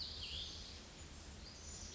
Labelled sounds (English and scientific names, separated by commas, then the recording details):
Cassin's Vireo (Vireo cassinii)
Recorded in Sonoma County, California